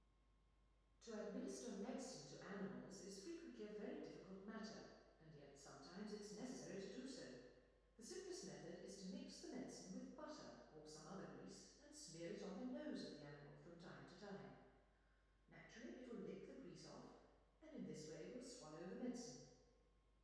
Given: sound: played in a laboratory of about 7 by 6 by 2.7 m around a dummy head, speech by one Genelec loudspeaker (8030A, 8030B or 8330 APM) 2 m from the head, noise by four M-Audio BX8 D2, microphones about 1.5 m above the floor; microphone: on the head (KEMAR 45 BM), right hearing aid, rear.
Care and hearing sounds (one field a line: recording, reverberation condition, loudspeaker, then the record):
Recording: female speech in English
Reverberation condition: high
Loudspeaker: 90 degrees to the left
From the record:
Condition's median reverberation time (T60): about 1300 ms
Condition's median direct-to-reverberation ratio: about -4.0 dB